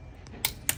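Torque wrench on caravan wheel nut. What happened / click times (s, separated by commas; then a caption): The torque wrench clicked over at its set torque / 0.4 s, 0.7 s. A torque wrench tightens the third wheel nut on a caravan wheel to 130 Nm. After a faint tick at about 0.3 s, two sharp, bright clicks ring out at 0.5 s and 0.7 s as the wrench reaches its setting.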